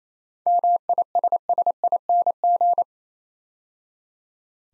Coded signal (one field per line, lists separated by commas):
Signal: Morse code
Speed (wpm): 27 wpm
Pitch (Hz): 700 Hz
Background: none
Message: MISSING